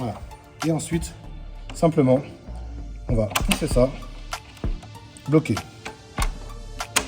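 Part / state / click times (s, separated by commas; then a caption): coupling clip joining two LED wall panels / seated / 7.0 s. A coupling clip between two LED wall panels joined vertically is pushed into place between the cabinets while someone talks over background music. The clip snaps home with a sharp click at 6.97 s, and then it is locked.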